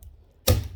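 On a 1993 Cobra, a trim removal tool is twisted sideways on the plastic retaining clip at the front position of the rear window trim in the car body. After a faint tick near the start and quiet low rumble, a sharp, loud pop at 0.5 s is followed by a short, bright, crackling decay. The clip pops free and releases.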